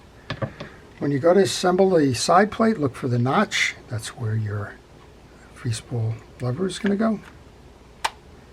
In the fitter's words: Make sure you hear a nice crisp click like that when you do that.